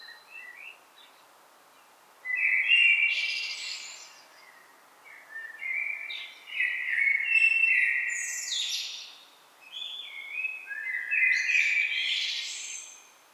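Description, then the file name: Common blackbird song: three well-spaced warbled phrases, each with a thin, high twittering flourish, separated by short quiet gaps. "Turdus merula"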